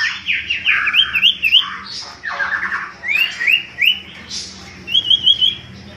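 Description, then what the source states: Common iora calls: harsh chattering bursts mixed with short rising whistled notes in small groups, uneven pacing. Song used as a lure (pancingan) for bird catching; local name cipo.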